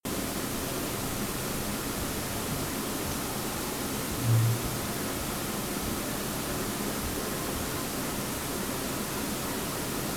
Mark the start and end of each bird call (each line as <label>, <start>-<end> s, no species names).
bird call, 4.21-4.58 s